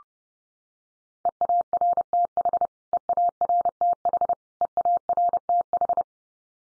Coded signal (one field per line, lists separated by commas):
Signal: Morse code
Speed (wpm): 30 wpm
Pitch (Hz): 700 Hz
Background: none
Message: EARTH EARTH EARTH